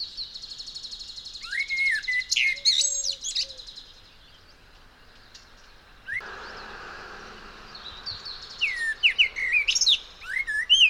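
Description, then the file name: Common blackbird song: a whistled phrase with a high twittering finish, then a hissing stretch of background noise, then another lively whistled and squeaky phrase. "Turdus merula"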